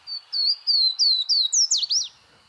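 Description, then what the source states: Swainson's Warbler song: a series of loud, clear, down-slurred whistled notes ending in a quick, jumbled flourish. The background is quiet. Song from a rhododendron thicket on a May morning, Great Smoky Mountains National Park; singer unseen; one of North America's shyest birds, small and brown, forages quietly on the ground flipping leaves for insects.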